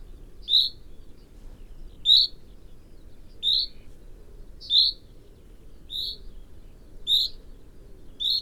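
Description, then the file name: Common chaffinch calls: seven short, sharp single notes at a fairly steady pace against a quiet low hiss. "Fringilla coelebs"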